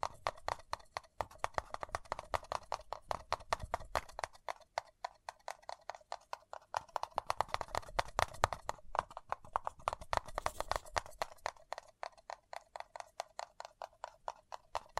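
Paper cup tingles: quick, steady tapping and clicking on a paper cup, crisp and bright, with a few brief pauses and livelier bursts.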